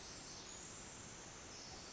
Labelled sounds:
Pacific Wren (Troglodytes pacificus)
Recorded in Sonoma County, California

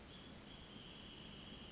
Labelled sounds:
Wrentit (Chamaea fasciata)
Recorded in Sonoma County, California

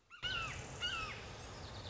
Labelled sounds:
Red-shouldered Hawk (Buteo lineatus)
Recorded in Sonoma County, California

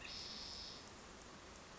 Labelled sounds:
Spotted Towhee (Pipilo maculatus)
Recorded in Sonoma County, California

